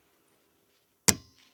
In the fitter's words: like that, make sure that snaps, and then you're going to pull this off, this protective sheath,